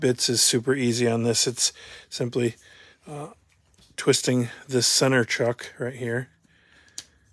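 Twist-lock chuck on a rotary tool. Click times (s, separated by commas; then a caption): 7.0 s. Someone talks while twisting the center twist-lock chuck on a rotary tool to release the bit. A single sharp click is heard at 7.0 seconds as the chuck unlocks, freeing the bit.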